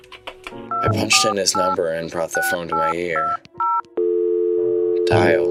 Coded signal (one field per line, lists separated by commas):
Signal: DTMF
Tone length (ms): 210 ms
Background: speech, music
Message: 248 6820